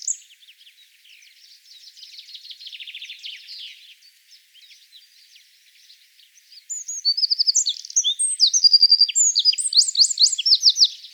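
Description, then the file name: Eurasian wren: a soft, dry, high trill early on, then a loud, rapid run of piercing high notes and chatters through the second half. "Troglodytes troglodytes"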